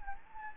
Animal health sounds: mosquito wingbeat signal from an infrared sensor; Anopheles gambiae

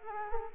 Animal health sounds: mosquito wingbeat signal from an infrared sensor; Culex quinquefasciatus

